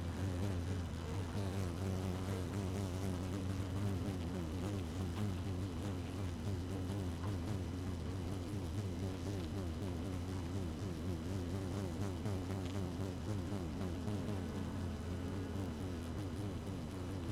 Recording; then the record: honeybee colony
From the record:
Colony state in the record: active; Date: 12 June 2018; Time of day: 5:01